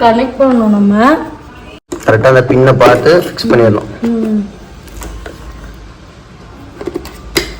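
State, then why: Seated. A hose or tool attachment is lined up with the pink mark on a plastic upright carpet cleaner and pushed onto the body while a woman talks. After a few small knocks, a sharp loud click at 7.4 s marks the attachment locking in place.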